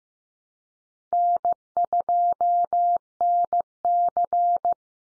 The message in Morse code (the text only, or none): N2NC